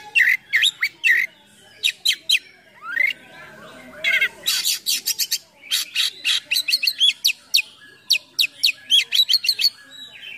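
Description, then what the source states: Oriental magpie-robin song: rapid varied phrases of sharp chirps, rising whistles and buzzy bursts, delivered in quick clusters with short pauses. Full song with rich imitations, called gacor full isian in Indonesian.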